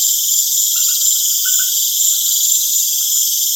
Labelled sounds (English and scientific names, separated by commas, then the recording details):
none
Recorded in pastures near Puerto Asís, Putumayo, Colombia, on 25 June 2025 at 19:00
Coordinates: 0.502, -76.324
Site G010